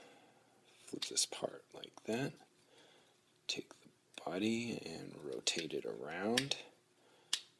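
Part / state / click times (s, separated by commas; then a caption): plastic body section rotating into a transforming toy robot / seated / 7.3 s. Someone talks quietly while the plastic body section of a Mech Ideas Demolition Crue transforming toy robot (DC01 Apex and DC02 Geminus) is rotated around into position. A single sharp snap at 7.3 s marks the joint locking into place, and the body is seated.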